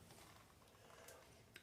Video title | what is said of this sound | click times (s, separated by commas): How To Use An Impact Driver | take your charger slide it on until it clicks | 1.6 s